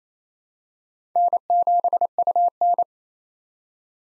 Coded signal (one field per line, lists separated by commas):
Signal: Morse code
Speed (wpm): 28 wpm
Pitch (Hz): 700 Hz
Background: none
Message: N7UN